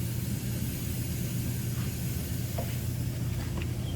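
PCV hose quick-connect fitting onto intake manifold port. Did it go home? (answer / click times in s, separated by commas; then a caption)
no / none. An assembled PCV hose with a quick-connect fitting is picked up and routed toward the intake manifold port, with only faint handling rustles and a brief tap near 3.6 s over a steady low rumble and hiss. Nothing has snapped or seated yet.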